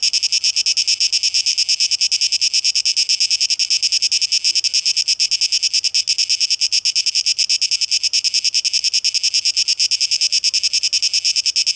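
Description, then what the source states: Cicadas droning in a fast, tightly pulsed high-pitched buzz that continues without pause for the whole length. Recorded 12 August 2023; tape echo mix.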